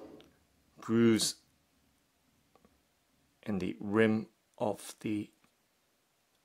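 Someone talks while handling the plastic inner lid of a Hysure ultrasonic essential oil diffuser, lining it up with the grooves in the rim of the diffuser base. A few faint, soft handling taps are heard between the speech. The lid has not seated or clicked yet.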